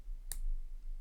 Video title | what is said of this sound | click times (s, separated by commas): BEADED CHOKER & LARIET NECKLACE COMBO TUTORIAL | And you hear the click. | 0.3 s